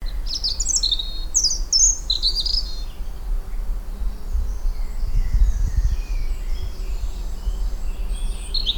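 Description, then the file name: European robin song: a burst of thin, high, varied warbled phrases in the first few seconds, then fainter high notes over a steady low rumble. "Erithacus rubecula"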